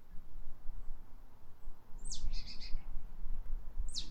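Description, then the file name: Marsh tit calling: a sharp downslurred note leading into a brief buzzy burst, then another lone high slurred note near the end, with low rumbling background noise. "Poecile palustris"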